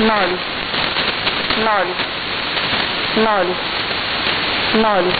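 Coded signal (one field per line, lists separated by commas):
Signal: numbers station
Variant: S06s, Russian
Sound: a woman's voice reads single digits, zero repeated, evenly spaced in hiss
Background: radio static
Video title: 16 07 2019 S06s Russian Lady numbers station in Russian to Eu 1110 on 7560 unknown tx site USB+AM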